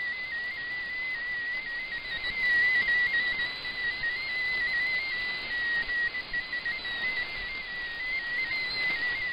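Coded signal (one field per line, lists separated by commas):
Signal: multi-tone FSK (Olivia or MFSK type)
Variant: MFSK16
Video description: Japanese text transmission mode : MFSK16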